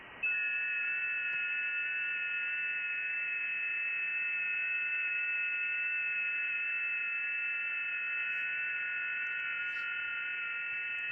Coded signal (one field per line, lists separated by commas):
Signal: FT8